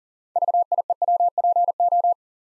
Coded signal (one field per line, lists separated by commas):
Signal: Morse code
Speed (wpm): 40 wpm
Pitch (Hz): 700 Hz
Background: none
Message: VIEWPO